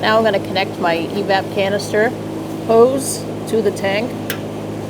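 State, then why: Seated. Someone talks while an evap canister hose quick-connect on a 2002-2006 Toyota Camry is pushed onto the fuel tank fitting. A single sharp click is heard at 4.3 s as the hose seats and locks in. A steady low hum runs underneath throughout.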